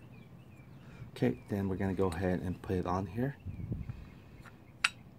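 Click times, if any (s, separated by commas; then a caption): 4.9 s. Someone talks while a component of a GY6 CVT and transmission kit for an SSP-G 180cc power kit on a scooter is pushed onto its boss/shaft. It snaps into place with a single sharp click at 4.9 s, and the part now holds seated.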